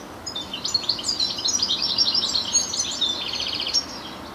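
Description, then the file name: European goldfinch twittering: rapid liquid chirps and twitters, high and jumbled, ending in a short buzzy trill, with a constant low hiss behind. "Carduelis carduelis"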